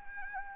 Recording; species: mosquito wingbeat signal from an infrared sensor; Anopheles arabiensis